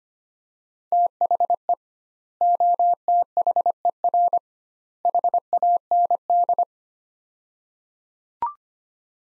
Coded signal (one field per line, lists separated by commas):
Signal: Morse code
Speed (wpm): 25 wpm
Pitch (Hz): 700 Hz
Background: none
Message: THE OTHER HAND